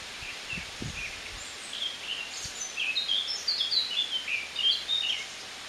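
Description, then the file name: Eurasian blackcap giving a chattering warble that strengthens in the second half, with a few low thumps early on and a constant hiss behind. "Sylvia atricapilla"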